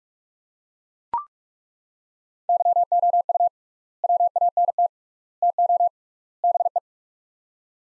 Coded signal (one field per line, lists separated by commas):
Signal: Morse code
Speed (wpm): 41 wpm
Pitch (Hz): 700 Hz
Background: none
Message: YOU WANT TO BE